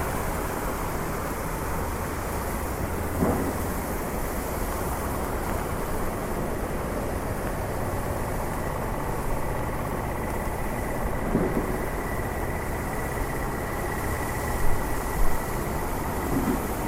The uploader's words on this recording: Walking in the rain streets of Switzerland with a very high-definition binaural microphone.